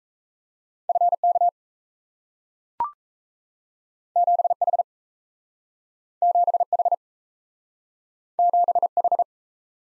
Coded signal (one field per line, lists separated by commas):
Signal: Morse code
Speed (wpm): 38 wpm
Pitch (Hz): 700 Hz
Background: none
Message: FK 7H 7H 7H